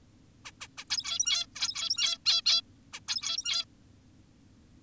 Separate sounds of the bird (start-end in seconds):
0.45-0.52, 0.61-0.68, 0.78-0.84, 0.90-1.46, 1.56-2.18, 2.26-2.42, 2.46-2.62, 2.93-3.00, 3.08-3.65